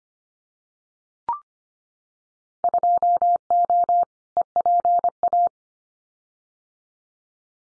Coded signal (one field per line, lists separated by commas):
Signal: Morse code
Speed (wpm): 25 wpm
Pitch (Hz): 700 Hz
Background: none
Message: 2O EPA